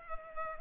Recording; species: mosquito wingbeat signal from an infrared sensor; Culex pipiens